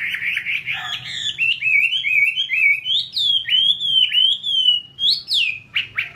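Chinese hwamei singing a continuous run of bright, loud, wavering whistled notes in varied phrases delivered rapidly, over a faint low hum.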